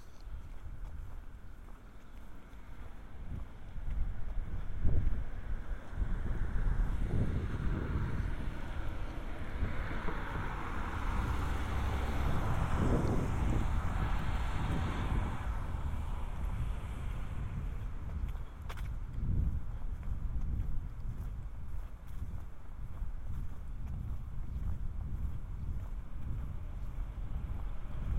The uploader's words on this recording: A binaural field recording of walking around south Boulder, CO in the summer of 2015.